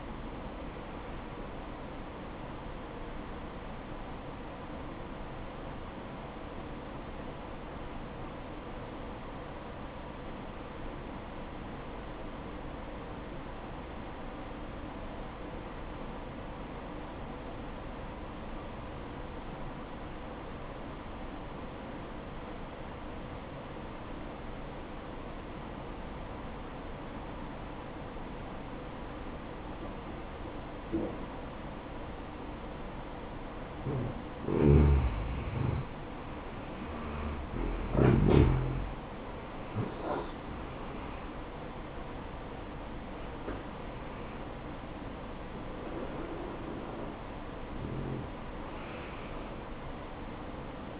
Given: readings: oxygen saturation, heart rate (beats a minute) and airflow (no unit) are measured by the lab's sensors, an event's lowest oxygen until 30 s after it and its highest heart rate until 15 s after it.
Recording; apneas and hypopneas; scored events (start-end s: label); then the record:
breathing in sleep by a voice recorder at the bedside; 1
6.00-37.10 s: obstructive apnea (N1, oxygen 95% highest, then 86% lowest, heart rate 62 at the start, 77 highest)
25.00-51.00 s: new sleep stage, N2 (light sleep)
From the record:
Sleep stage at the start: N1 (lightest sleep); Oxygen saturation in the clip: 85 to 95%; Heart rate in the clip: 59 to 77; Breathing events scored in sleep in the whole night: 573 in 9.8 hours asleep